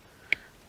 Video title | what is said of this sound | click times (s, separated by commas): Lost heater fan speeds? Here's how to fix it. (with bonus bus action) | and there we go click | 0.3 s